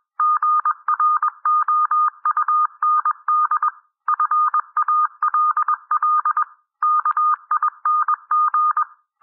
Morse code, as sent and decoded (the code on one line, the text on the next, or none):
--. .-. --- ..- -. -.. / ..-. .- .-.. .-.. / -.- .. -. --.
GROUND FALL KING